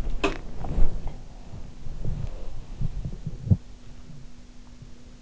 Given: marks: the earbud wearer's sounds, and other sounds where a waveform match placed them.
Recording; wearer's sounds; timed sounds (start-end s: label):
sounds in sleep by an in-ear microphone; swallowing, body movement
0.53-1.25 s: swallowing
1.67-3.59 s: body movement